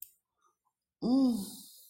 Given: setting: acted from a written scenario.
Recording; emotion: vocal sound without words; embarrassment